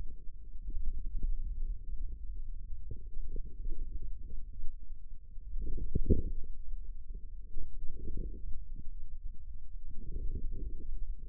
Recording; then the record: forearm muscle sounds (acoustic myography)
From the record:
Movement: wrist flexion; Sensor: system 2, bracelet of six BSWA MPA416 microphones around the upper forearm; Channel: 2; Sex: male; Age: 22 years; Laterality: right